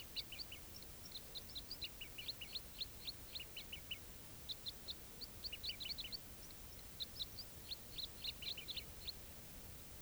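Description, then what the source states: Crossbills giving repeated sharp chip calls in loose bursts, a short pause midway, several birds overlapping against a quiet low background hum. Quite a few wild crossbills flying over and moving from one grove to another without stopping.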